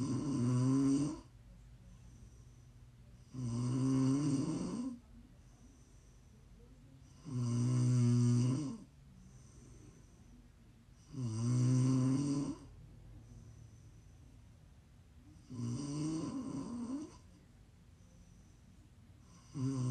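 Loud, rumbling snores recur about every four seconds, around 16 a minute, each lasting over a second and separated by quiet exhalations. The steady low-pitched vibration is typical of ordinary snoring during sleep.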